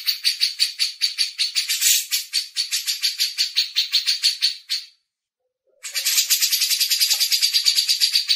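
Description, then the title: Grey-cheeked bulbul repeating harsh rattling notes several times a second, one pause near the middle before the series resumes. Masteran training recording. "MASTERAN CUCAK JENGGOT"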